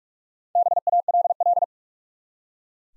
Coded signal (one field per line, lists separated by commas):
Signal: Morse code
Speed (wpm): 44 wpm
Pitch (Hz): 700 Hz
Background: none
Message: BALL